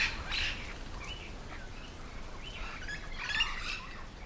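Yellow-shouldered parrot calls: scattered harsh squawks and screeches, a louder burst near the end, over steady low rumble.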